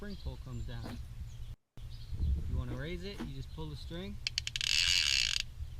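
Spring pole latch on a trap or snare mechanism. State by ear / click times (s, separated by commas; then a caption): seated / 5.4 s. A string is pulled to raise the spring pole on a trap or snare mechanism while someone talks. A burst of repeated ratchet clicks follows as the pole rises. It locks into place with the last click at 5.4 s.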